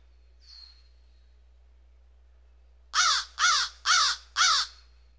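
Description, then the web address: Bird calls: a faint short high note, a quiet pause of two seconds, then four loud, hoarse caws delivered rapidly one after another. "Звуки природы - птицы"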